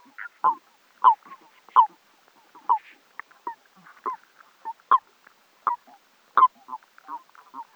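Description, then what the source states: Common toad calls: short, soft croaking notes repeated irregularly, roughly every half second to second, with faint quieter notes between. Wetland, Sissonne.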